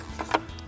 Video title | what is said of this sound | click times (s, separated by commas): 2019-2025 Silverado 1500 S&B Cold Air Intake Review & Install | Appuyez dessus pour entendre un clic. | 0.3 s